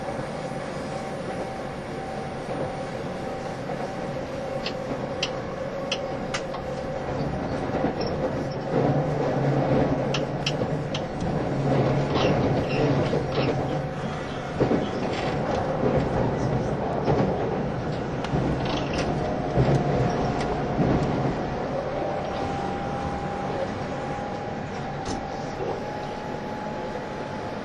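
Interior of an E351 series Super Azusa express train: a steady rumbling ride with a thin whining tone, scattered clicks and rattles throughout.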